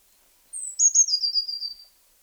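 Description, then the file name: Eurasian blue tit: a fine, high-pitched opening note, then a rapid trill of short notes drifting gradually lower, about one and a half seconds long, with nothing else audible. "Cyanistes caeruleus"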